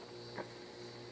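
A knife blade on a Leatherman Wave multitool is handled as it is opened toward its liner lock in the handle, heard as a short soft rustle around 0.4 s over a steady low hum. The blade has not locked open yet, and nothing has seated or clicked.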